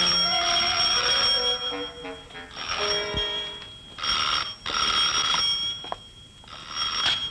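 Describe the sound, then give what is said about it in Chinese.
A telephone rings in repeated bright, metallic bursts, each a shrill trill of bell tones separated by short pauses, loud and steady with no voices. “你嘅电话又嚟”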